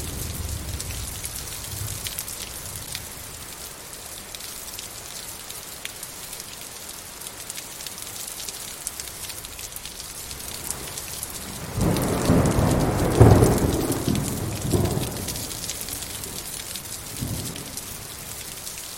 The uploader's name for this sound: Big Thunder & Rain Sounds I Storm White Noise